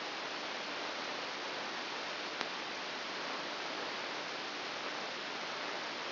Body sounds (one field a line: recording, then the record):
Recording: brain microelectrode recording played as sound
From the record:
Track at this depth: inside the subthalamic nucleus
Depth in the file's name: 4.002 mm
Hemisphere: right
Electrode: 2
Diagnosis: Parkinson's disease